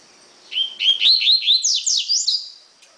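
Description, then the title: Double-collared seedeater giving one lively phrase of rising whistled notes followed by sharp buzzy down-slurred sweeps, over a faint constant high hiss. "Canto Coleiro"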